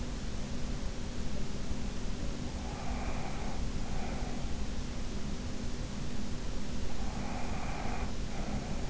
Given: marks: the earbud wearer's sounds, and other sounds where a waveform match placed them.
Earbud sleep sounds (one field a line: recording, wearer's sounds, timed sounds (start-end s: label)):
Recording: sounds in sleep by an in-ear microphone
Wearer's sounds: breath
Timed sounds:
2.49-4.53 s: breath
6.91-8.90 s: breath